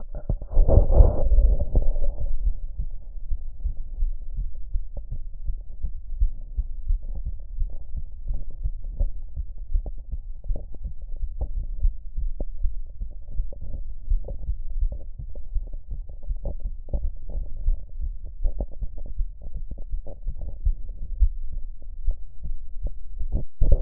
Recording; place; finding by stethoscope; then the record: heart sounds by stethoscope; pulmonary valve (PV); normal heart sounds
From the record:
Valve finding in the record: normal valve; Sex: female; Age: 63 years